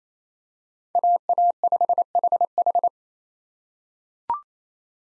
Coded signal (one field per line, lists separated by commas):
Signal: Morse code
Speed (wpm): 28 wpm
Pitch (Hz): 700 Hz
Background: none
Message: AA5HH